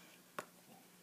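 A fabric-covered plastic KAM snap, just pressed onto a purse, is pulled apart with a little tug because the fabric makes it sit more snugly. The snap releases with one sharp, broadband snap at 0.4 s against a quiet background. The snap halves come open.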